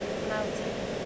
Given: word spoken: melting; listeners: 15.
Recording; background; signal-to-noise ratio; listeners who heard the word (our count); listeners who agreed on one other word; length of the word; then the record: one English word in noise, from a listening test; speech-shaped noise; -5.2 dB; 1 of 15; 12 of 15; 0.65 s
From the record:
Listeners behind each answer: 12, 1, 1, 1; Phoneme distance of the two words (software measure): 30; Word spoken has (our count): 2 syllables, 6 phonemes, stress on syllable 1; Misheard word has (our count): 2 syllables, 6 phonemes, stress on syllable 1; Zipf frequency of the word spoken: 3.78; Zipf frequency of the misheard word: 4.64